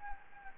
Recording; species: mosquito wingbeat signal from an infrared sensor; Anopheles gambiae